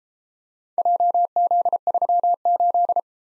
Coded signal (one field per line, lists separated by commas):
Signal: Morse code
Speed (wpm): 33 wpm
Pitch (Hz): 700 Hz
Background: none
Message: JZ38